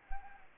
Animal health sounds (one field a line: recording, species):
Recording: mosquito wingbeat signal from an infrared sensor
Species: Anopheles gambiae